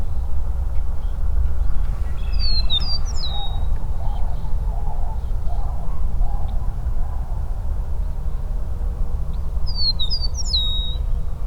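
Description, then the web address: Eastern meadowlark singing two sweet whistled phrases well apart. Each is made of descending slurred notes, over constant low rumbling background noise. "Eastern meadowlark. صدای-پرنده-چمن-چکاو-شرقی"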